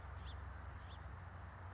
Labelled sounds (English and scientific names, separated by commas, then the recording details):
House Finch (Haemorhous mexicanus)
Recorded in Sonoma County, California